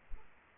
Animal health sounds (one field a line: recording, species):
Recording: mosquito wingbeat signal from an infrared sensor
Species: Aedes aegypti